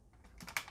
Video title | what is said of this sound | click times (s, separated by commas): Mighty Morphin Power Rangers Dino Megazord : Toy Office Reviews #1 | clicks into place and the | 0.6 s